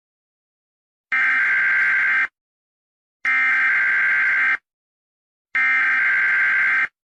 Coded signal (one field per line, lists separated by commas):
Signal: Emergency Alert System (SAME) tones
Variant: header bursts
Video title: YTTV CT Emergency Alert System WNET-WEDW w | English Subtitles-CC